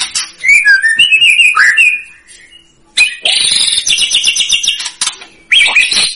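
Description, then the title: White-rumped shama singing sweet warbled phrases, then a loud buzzy rapid chatter of high notes and a final sharp burst. Lure recording of a vigorously singing bird, used to provoke a response from other birds. "PANCINGAN MEWAH MURAI BATU GACOR, SEKALI DENGAR AMPUH LANGSUNG RESPON"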